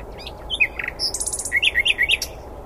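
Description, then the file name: Common nightingale song: short whistles and buzzy notes, then a series of rich repeated chirps. "Luscinia megarhynchos"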